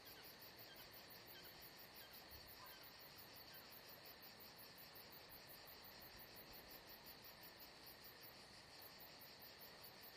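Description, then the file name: Rapid high cricket pulses repeat steadily in a chorus, unbroken throughout, with a quiet hissing background. Atmosphere at Saint-Jean-de-Luz. "Saint Jean De Luz Crickets Atmosphere Only Paul Parker Sven Jungbeck"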